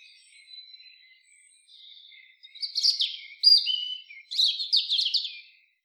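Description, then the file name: European robin song: faint thin whistles at first, then a loud run of high, tinkling, warbled phrases with sharp sweeps and a pure sustained note. "Erithacus rubecula"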